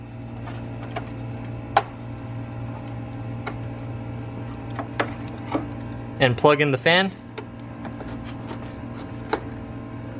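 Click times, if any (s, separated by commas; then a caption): 7.4 s, 9.3 s. A radiator cooling fan electrical plug on an N55-engine car (135i, 335i, 535i, E82, E90, E92) is pushed into its harness while someone talks over a steady low hum with scattered light ticks. Both clips snap into place with sharp clicks at 7.4 s and 9.3 s, and the plug is fully seated.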